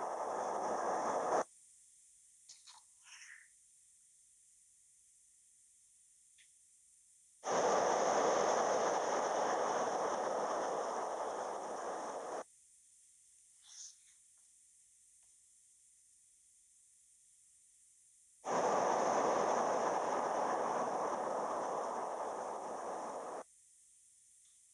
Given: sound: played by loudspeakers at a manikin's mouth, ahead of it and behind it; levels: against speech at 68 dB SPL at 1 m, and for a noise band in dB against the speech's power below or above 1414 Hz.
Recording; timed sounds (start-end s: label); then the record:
test signals for a remote microphone
0.00-1.42 s: speech-spectrum noise from the mouth, turned 45 degrees left
7.42-12.42 s: speech-spectrum noise from the mouth, facing ahead
18.42-23.42 s: speech-spectrum noise from the mouth, turned 45 degrees right
From the record:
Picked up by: remote microphone B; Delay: 24 ms